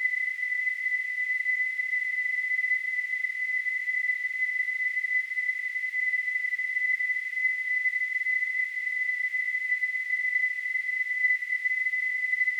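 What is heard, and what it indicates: A steady, unbroken high-pitched tone, close to a piercing whistle, with a faint hiss over it, holds at the same pitch and loudness for about thirteen seconds. It is a simulation of tinnitus, the constant ringing or whistling some people hear with no outside source.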